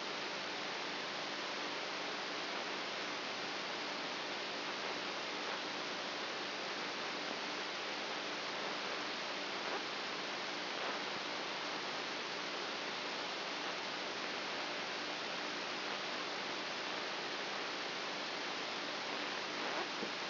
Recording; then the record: brain microelectrode recording played as sound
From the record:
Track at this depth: outside the subthalamic nucleus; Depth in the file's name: 6.24 mm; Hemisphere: right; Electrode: 2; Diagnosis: Parkinson's disease